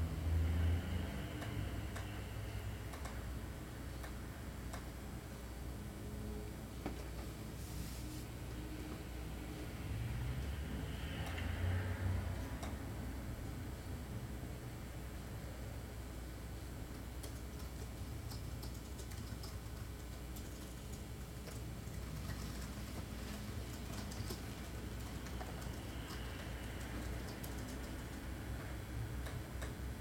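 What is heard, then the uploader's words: Traffic passes outside in a steady wash of low rumbling road noise, with vehicles swelling by around 11 seconds and again near 26 seconds. A constant low hum runs underneath throughout, and a brief brighter hiss cuts in near 8 seconds. A moment of "silence" held in my home office/studio. The sound of traffic passing outside is audible, as well as the faint hum of my stereo receiver; the turntable is still spinning, but the needle has been lifted.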